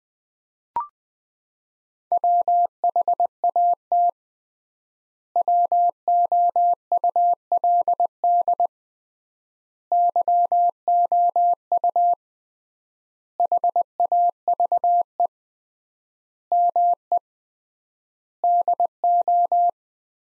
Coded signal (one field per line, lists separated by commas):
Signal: Morse code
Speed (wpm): 20 wpm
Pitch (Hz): 700 Hz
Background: none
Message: WHAT WOULD YOU HAVE ME DO